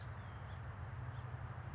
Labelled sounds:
House Finch
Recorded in Sonoma County, California

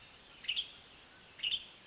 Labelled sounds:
Western Tanager
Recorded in Sonoma County, California

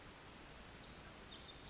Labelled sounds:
Pacific Wren
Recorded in Sonoma County, California

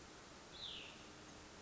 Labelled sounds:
Cassin's Vireo
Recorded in Sonoma County, California

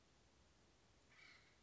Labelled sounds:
Acorn Woodpecker
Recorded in Sonoma County, California

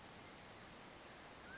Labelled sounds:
Mountain Quail
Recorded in Sonoma County, California

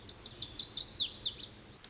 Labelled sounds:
Lazuli Bunting
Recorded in Sonoma County, California

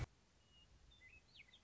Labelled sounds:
Western Meadowlark
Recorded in Sonoma County, California

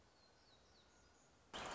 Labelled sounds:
Black-throated Gray Warbler
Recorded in Sonoma County, California

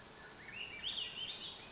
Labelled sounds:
Swainson's Thrush
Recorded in Sonoma County, California

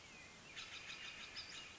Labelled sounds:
Western Flycatcher
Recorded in Sonoma County, California

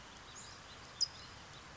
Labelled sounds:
California Towhee
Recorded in Sonoma County, California

